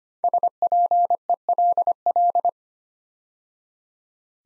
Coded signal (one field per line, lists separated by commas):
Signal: Morse code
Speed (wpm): 25 wpm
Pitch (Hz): 700 Hz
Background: none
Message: SPELL